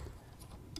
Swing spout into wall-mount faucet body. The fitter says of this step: Line it up, straight up and down, pops right in,